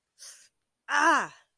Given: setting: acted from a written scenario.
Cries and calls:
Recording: vocal sound without words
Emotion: anger

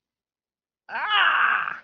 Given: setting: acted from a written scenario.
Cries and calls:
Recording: vocal sound without words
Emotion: pain

